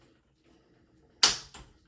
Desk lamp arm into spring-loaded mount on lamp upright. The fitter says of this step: There you go, so it snaps into place, and you've got this lamp